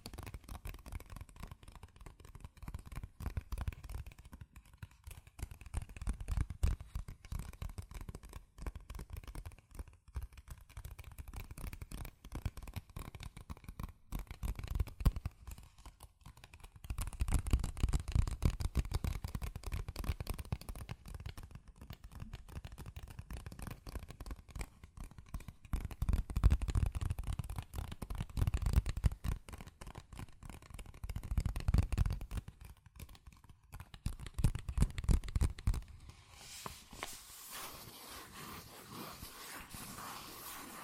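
Fast tapping, scratching and tracing on cardboard and paper, a dense run of quick dry taps with papery rubbing between them. The activity comes in bursts, louder around 17–20, 26–29 and 32–35 seconds, with brief pauses. It ends in a steady hiss.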